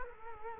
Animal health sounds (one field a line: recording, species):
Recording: mosquito wingbeat signal from an infrared sensor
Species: Culex quinquefasciatus